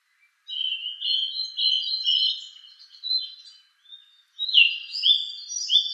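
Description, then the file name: Song thrush singing: a string of varied whistled and warbled phrases, a brief pause, then loud sharp notes resuming. "suara-kicauan-burung-song-thrush 7-omkicau"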